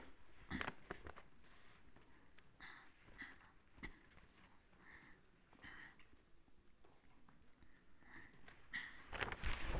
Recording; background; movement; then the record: throat clearing; quiet; sitting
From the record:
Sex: female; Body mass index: 25.5 kg/m2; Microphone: on the chest, facing the body